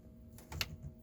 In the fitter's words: gonna press hard and get a click